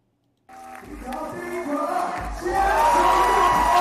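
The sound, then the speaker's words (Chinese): A crowd cheers and roars at a U19 3x3 basketball game at the 14th National Games of China in Xi'an, Shaanxi. The cheering rises in volume over upbeat music with a thumping bass beat, after a brief silence at the start. “动感的音乐，纵情的欢呼，热闹的氛围。”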